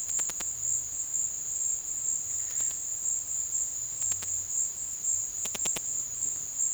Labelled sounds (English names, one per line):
none